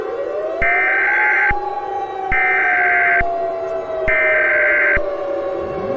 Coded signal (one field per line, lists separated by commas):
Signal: Emergency Alert System (SAME) tones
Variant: header bursts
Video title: Exodus (EAS Scenario)